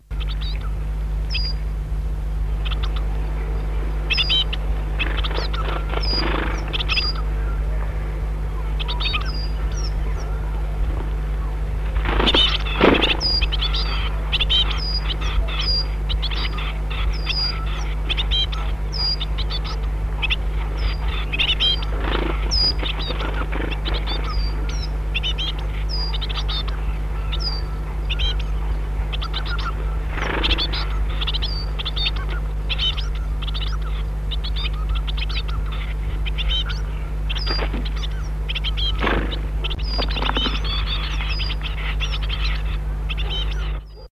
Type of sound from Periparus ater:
call